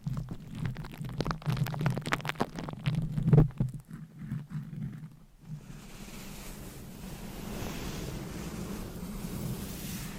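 Scratching, tapping and brushing against a microphone fill the first five seconds with a low rumble and quick, irregular crackly taps, densest around two to four seconds. After about the fifth second the handling stops and a steady, soft hiss with a faint low rumble remains.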